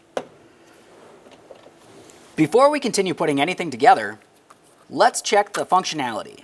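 A wiring harness push-in retainer clip is pressed into a hole in the inner metal panel of the front door on a 2007–2012 Nissan Versa, during front power window motor and regulator replacement. A sharp click at 0.2 s marks the clip seating, followed by faint handling sounds and then someone talking.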